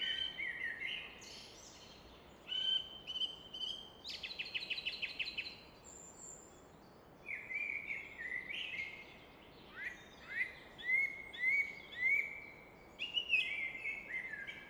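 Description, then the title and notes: Common nightingale song, varied phrases of pure whistles, a dry rapid rattle, then repeated piped notes, with steady rushing water underneath. Evening at Fläsch, Switzerland; roar of the Rhine reflected off a rock face in the background; recorded with Fostex FR2 and MKH 800. "Fläsch, Schweiz - Abendstimmung Nachtigall. Im Hintergrund wird das Rauschen des Rheins von einer Felswand reflektiert"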